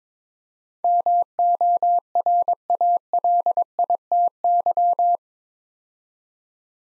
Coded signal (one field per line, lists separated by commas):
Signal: Morse code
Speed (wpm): 22 wpm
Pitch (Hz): 700 Hz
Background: none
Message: MORALITY